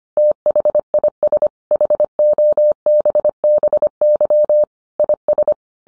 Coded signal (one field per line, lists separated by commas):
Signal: Morse code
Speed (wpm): 25 wpm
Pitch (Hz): 600 Hz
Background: none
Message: THIS HOBBY IS